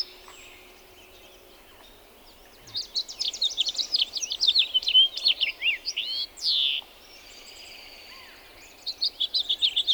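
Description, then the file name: House finch singing a fast, tumbling warble of varied chirps and slurs ending in a buzzy drawn-out note, then starting again after a short pause. "John Neville - House Finch"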